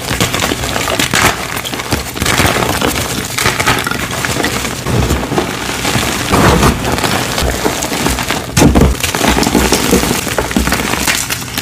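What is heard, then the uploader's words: Soap-flake-filled chalk bombs of dyed gym chalk are crushed and crumbled up close, making a dense, continuous crackling and gritty crunching. Louder snapping breaks stand out around 1, 2, 6.5 and 8.5 seconds, with a soft low rumble underneath. An ASMR crushing compilation of Zote soap flakes filled gym chalk bombs, dyed gym chalk, and Zote gym chalk reforms.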